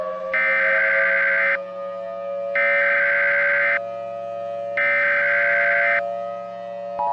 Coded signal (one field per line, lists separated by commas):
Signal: Emergency Alert System (SAME) tones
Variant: header bursts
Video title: *VALID TONES* 2020 Easter Tornado Outbreak (EAS Remake Compilation for 4/12/20)